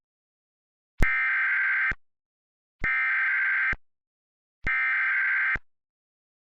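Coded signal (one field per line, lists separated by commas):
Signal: Emergency Alert System (SAME) tones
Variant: header bursts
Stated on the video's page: Recreated EAS alert, not a live broadcast.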